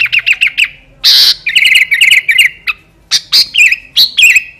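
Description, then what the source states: Sooty-headed bulbul song of rapid chattering notes, a harsh noisy burst, then a string of clear repeated whistles and falling slurred phrases. Kutilang master bird; singing style described as fierce (gaya sangar) with a 'thunder voice' (suara halilintar).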